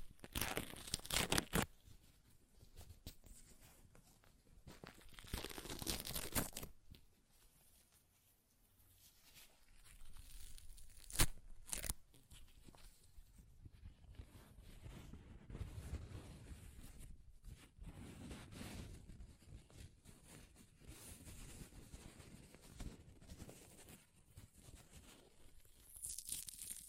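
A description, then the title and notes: Paper being ripped and torn in short, irregular bursts, with sharp bright tears clustered near the start, around five to seven seconds, and a single sharp rip near eleven seconds. Between them come softer rustling and crinkling handling, with a brief quiet pause near eight seconds. ASMR Paper Ripping Tearing Sounds (No Talking).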